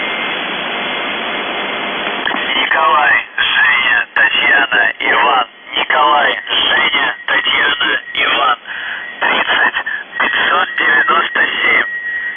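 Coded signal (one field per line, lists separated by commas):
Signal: numbers station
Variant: UVB-76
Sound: radio hiss, then a voice reading short, evenly paced words over static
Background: radio static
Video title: The Buzzer/UVB-76(4625Khz) July 5, 2021 08:06UTC Voice message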